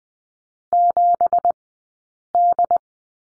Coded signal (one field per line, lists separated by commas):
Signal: Morse code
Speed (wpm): 20 wpm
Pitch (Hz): 700 Hz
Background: none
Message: 7D